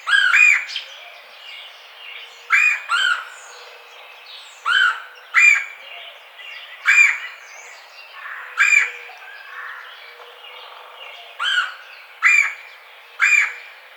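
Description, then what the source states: Red-bellied woodpecker calling persistently with many buzzy, rolling churrs. Recorded on 4 May 2009.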